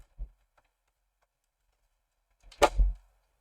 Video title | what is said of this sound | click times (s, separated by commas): CHEAPEST PS5 COMPATABLE 1TB SSD | Snap right in. | 2.5 s